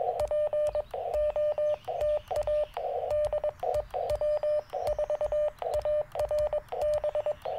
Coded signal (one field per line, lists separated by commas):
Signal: Morse code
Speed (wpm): 22 wpm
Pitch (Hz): 600 Hz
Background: radio noise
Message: POTA DE W4ARB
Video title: Morning Morse Code - 04/16/2024